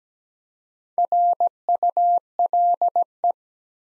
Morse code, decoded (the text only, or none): RULE